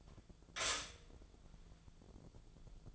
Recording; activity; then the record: daily activity, microphone in the room; stop toaster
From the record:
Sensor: 5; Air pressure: 1000.4 hPa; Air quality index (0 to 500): 136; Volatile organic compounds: 2 ppm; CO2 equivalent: 1071 ppm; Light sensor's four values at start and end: 75/176/75/80 and 75/176/75/80